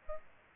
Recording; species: mosquito wingbeat signal from an infrared sensor; Aedes aegypti